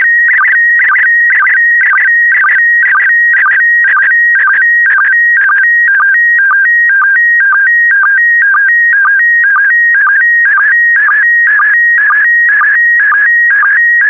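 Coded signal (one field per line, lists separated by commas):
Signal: SSTV (slow-scan television)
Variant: PD120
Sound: warbling electronic tone alternating two pitches with short low chirps twice a second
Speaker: transmission complete you can now check your decoded image against the picture that is shown on the video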